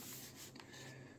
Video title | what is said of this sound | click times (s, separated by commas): Lenovo Legion Slim 5 i7-13h/16/1tb/4060 - Разглобяване | паметта се освободи ето можем да я вземем | 0.6 s